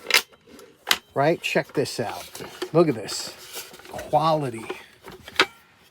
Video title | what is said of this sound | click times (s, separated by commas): Antique Singer Vacuum Cleaner Model R2D Restoration- Straightening Jorgensen Bar Clamps. | So there's 3 positions. You hear the clicks? Right? | 0.1 s, 0.9 s